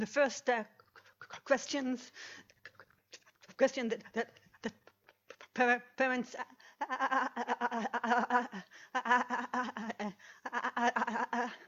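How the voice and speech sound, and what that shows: An adult woman speaks haltingly with long silent pauses between words, word repetitions ('that that') and part-word repetitions ('pe-parents'), typical of stuttering.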